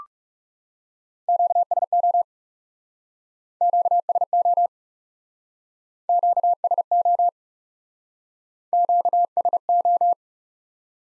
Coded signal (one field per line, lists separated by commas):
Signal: Morse code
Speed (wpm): 41 wpm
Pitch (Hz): 700 Hz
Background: none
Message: QSO QSO QSO QSO